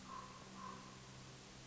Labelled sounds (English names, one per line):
Common Raven